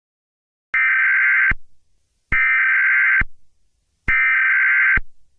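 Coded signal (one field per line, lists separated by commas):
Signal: Emergency Alert System (SAME) tones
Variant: header bursts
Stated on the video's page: Fictional EAS scenario, not a real alert.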